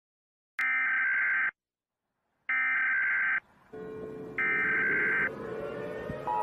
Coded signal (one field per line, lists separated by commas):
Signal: Emergency Alert System (SAME) tones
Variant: header bursts